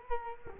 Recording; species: mosquito wingbeat signal from an infrared sensor; Culex quinquefasciatus